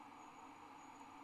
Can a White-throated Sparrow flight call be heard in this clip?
no